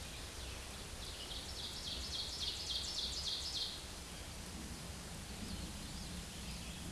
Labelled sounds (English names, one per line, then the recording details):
Ovenbird song
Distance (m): 40 m
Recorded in a Pennsylvania forest on 17 May 2023 at 13:29
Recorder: AudioMoth, point grid1_6_low
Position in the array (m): 176 m, 12 m